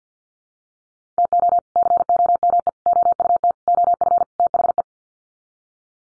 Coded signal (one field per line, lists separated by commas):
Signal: Morse code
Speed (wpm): 50 wpm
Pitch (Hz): 700 Hz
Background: none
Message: TO COME OUT OF THE